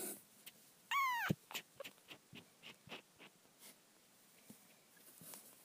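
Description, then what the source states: Cat: kitten mew, a single bright call that rises then drops about one second in, followed by a thump and a run of light clicks and scratches. Kittens, more than one.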